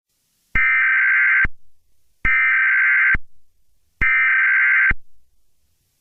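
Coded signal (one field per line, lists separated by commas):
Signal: Emergency Alert System (SAME) tones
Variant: header bursts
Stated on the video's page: Fictional EAS scenario, a recreation of a chemical spill alert.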